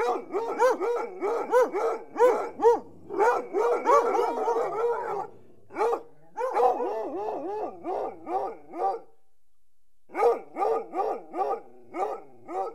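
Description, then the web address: Dog barking, quick repeated barks in dense runs that stop and restart, with one longer pause before a final series of sharp barks. "The BBC Sound Effects Library - Complete 60 CDs Collection Sound Effects Library-38 (Horses # 2 and Dogs)"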